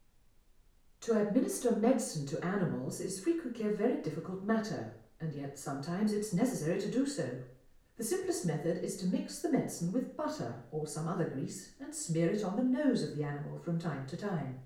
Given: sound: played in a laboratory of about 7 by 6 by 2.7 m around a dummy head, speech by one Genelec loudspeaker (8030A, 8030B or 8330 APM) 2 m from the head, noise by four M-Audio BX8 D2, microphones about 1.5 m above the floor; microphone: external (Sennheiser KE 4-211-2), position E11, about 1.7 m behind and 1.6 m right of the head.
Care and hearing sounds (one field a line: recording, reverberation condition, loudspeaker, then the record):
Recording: female speech in English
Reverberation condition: medium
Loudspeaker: in front (0 degrees)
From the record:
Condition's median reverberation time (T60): about 510 ms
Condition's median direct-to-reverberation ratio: about -0.5 dB